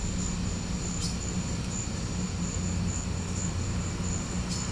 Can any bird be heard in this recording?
no